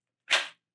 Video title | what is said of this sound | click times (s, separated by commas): KABAR, History-The Modified Tanto, Appreciation to our active Military & Beloved Veterans #22aday. | do that with your thumb and it'll release very easily and then when you put it into place kind of locks into place as well | 0.3 s